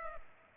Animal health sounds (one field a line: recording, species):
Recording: mosquito wingbeat signal from an infrared sensor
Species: Culex pipiens